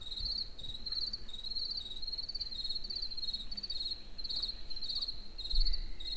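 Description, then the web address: Cricket chirping, short high trills repeated steadily over a low rumbling background. Crickets in a forest in the evening near Egerturistaház. "tucsok. erdoben estavolbanugatokutyak egerturistahaz"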